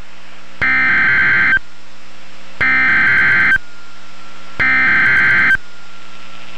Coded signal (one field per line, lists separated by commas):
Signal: Emergency Alert System (SAME) tones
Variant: header bursts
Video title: Tornado Warning (EAS #516)